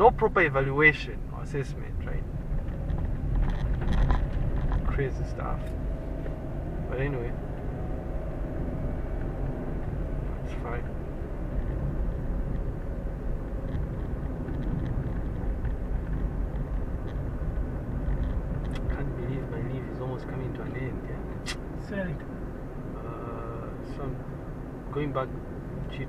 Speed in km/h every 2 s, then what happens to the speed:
22, 23, 28, 34, 40, 42, 43, 43, 44, 44, 42, 41, 41.
0-11 speeds up to 43. 11-26 steady at about 43.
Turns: none.